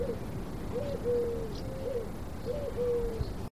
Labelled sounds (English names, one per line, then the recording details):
Eurasian Collared Dove
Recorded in the wild
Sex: male
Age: adult
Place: Tiuccia, Corsica, FR
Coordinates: 42.0703, 8.73083
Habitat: Machia
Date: 2011-07-25
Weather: sunny, 15°C, weak wind
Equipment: Zoom H2, rear micophones
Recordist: Frommolt, Karl-Heinz
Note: Zeltplatz U Sommalu: Rufe einer Türkentaube